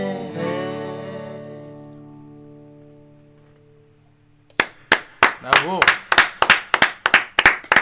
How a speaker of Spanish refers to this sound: Dos tristes aplausos, pero es lo que hay.